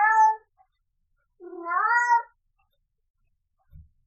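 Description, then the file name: Cat meows: a short meow, then a longer rising and falling one after a pause, followed by a faint low thump. Adult cat meowing. "Vzroslyj kot - Myaukane kota"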